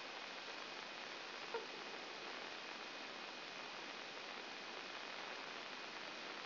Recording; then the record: brain microelectrode recording played as sound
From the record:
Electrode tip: outside the subthalamic nucleus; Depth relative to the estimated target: 0 mm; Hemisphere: left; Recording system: AlphaMap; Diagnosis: Parkinson's disease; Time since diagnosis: 11 years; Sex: female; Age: 60 years